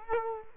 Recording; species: mosquito wingbeat signal from an infrared sensor; Culex quinquefasciatus